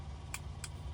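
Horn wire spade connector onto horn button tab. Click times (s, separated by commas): 0.3 s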